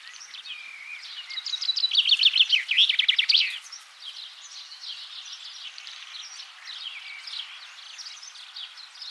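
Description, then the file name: Common chaffinch gives a quick, tumbling song phrase ending in a sharp flourish, followed by fainter twittering. "Fringilla coelebs"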